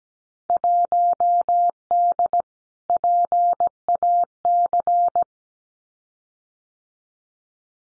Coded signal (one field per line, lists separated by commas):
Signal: Morse code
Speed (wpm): 17 wpm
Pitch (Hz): 700 Hz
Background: none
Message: 1D PAC